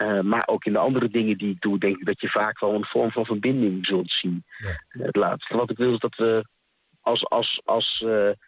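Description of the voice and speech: Adult male speaker talking in Dutch, with stuttering: fluent phrases are broken by a repeated word ("als, als, als") and a filled pause "eh" before the sentence breaks off.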